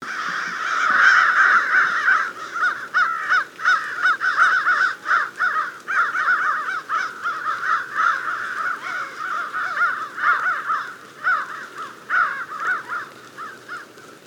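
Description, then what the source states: American crows in a flock giving a dense, continuous chorus of harsh, overlapping caws that rise and fall in loudness throughout. Flock of unknown size, calling unseen in fog near the southeast corner on the east side of a reserve, beside a stand of woods.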